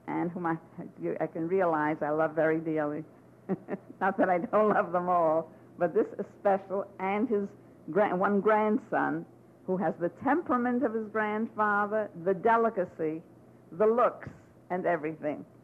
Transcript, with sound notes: and whom I can realize I love very dearly. (she laughs) Not that I don't love them at all, but this especial, and his one grandson who has the temperament of his grandfather, the delicacy, the looks and everything.